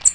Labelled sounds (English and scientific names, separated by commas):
American Redstart (Setophaga ruticilla) flight call